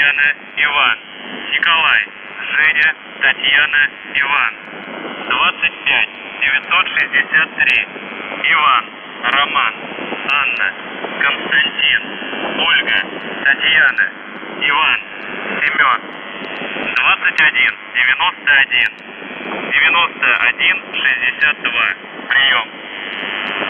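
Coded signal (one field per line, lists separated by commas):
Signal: numbers station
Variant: UVB-76, Russian voice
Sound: russian voice reading phonetic-alphabet names and number groups, ending with 'Priyom'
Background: radio static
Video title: The Buzzer/UVB-76(4625Khz) November 26+27, 2021 Voice messages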